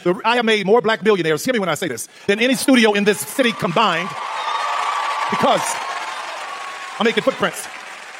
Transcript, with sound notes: I have made more Black millionaires, hear me when I say this, than any studio in this city combined- (audience cheering) ... because I'm making footprints.